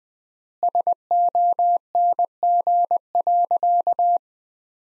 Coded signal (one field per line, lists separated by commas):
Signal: Morse code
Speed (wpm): 21 wpm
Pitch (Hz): 700 Hz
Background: none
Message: SONG.